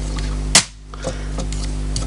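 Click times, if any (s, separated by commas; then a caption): none. The plastic back section of a Young Toys Tobot V Air Hyde transforming robot figure is pushed repeatedly to lock it in. A sharp knock at 0.6 s is followed by faint handling taps over a steady background hum. The section will not lock in, and nothing has seated or clicked yet.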